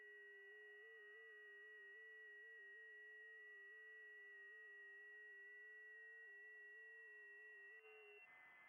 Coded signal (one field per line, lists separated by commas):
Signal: FT8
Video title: 10M Opening FT8 | LIVE! from the K0LWC Ham Shack